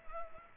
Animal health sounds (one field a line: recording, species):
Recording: mosquito wingbeat signal from an infrared sensor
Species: Culex pipiens